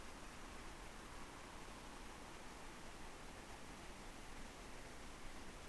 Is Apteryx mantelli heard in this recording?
no